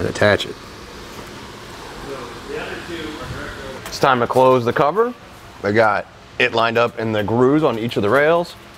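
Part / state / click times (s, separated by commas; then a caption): soft tonneau cover latch into truck bed side rail / not seated / none. Someone talks while the front end of a TruXedo TruXport soft roll-up tonneau cover on a 2019 Ram 1500 Classic is lined up in the grooves of the truck bed side rails, ready to be pulled down so the latches click closed on both sides. A low steady background noise fills the gaps between the speech. The clip ends before the cover is pulled down, so nothing has seated or clicked yet.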